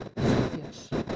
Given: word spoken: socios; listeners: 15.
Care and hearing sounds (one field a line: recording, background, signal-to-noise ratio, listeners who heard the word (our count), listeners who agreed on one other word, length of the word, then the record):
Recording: one Spanish word in noise, from a listening test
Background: noise modulated by one talker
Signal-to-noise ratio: -10.7 dB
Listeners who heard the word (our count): 2 of 15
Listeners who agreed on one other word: 11 of 15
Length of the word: 0.76 s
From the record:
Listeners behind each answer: 11, 2, 1, 1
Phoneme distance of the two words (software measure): 10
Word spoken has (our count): 2 syllables, 6 phonemes, stress on syllable 1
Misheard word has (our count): 2 syllables, 6 phonemes, stress on syllable 1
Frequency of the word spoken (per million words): 34.12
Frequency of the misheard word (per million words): 5.47